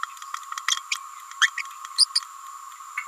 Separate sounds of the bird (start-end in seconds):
0.91-0.95, 1.40-1.49, 1.57-1.62, 1.98-2.05, 2.15-2.20, 2.96-3.04